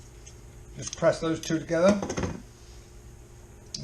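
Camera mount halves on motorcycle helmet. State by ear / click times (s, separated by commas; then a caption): seated / 3.8 s. Someone talks while pressing the two halves of a camera mount on a motorcycle helmet together. A short, sharp click at 3.8 seconds shows that the halves have snapped and seated together.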